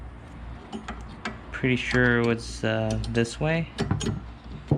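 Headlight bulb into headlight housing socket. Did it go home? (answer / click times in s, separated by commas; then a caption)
no / none. A headlight bulb for a Hyundai Genesis Coupe is handled and turned while working out which way it goes into the headlight housing socket, with light ticks at about 0.7, 0.9, 1.3, 3.9, 4.0 and 4.7 seconds as someone talks. The bulb is only being oriented before install, and nothing has seated or clicked yet.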